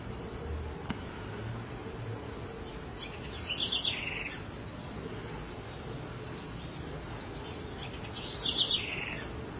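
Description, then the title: House wren song: short, fast trilled phrases around the fourth and ninth seconds, set against continuous low-pitched background noise. "cURRUIRA"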